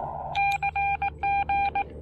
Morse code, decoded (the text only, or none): CG